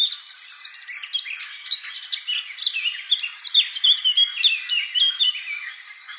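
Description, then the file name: Eurasian blackcap song, a dense run of quick, varied warbled and whistled notes throughout. "Sylvia atricapilla"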